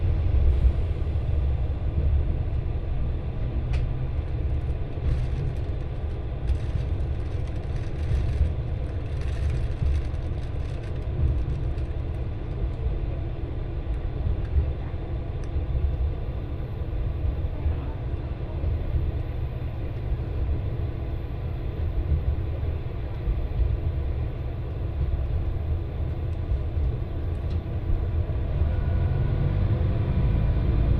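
A train ride on the Etsumi-Hoku Line, heard as a steady, heavy low rumble that holds an even level for the whole half minute. A thin hiss rides above it, with a few brief clicks and rattles around the fourth, tenth and twenty-seventh seconds.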